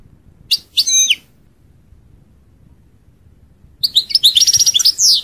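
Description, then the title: European goldfinch song with a few sharp twittered notes, a pause, then a quick burst of tinkling trills and buzzy chirps. "Chant Chardonneret"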